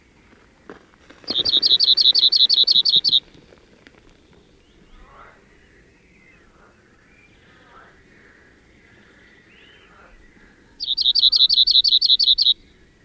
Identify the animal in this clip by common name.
Cirl Bunting